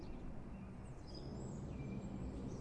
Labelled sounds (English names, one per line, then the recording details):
Song Thrush
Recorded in Germany
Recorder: ecoPi